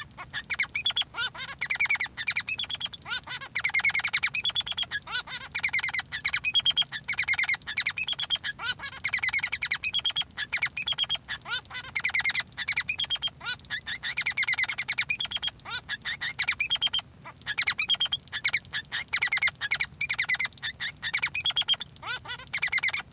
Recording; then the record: song of a male Bengalese finch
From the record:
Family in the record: son of father 3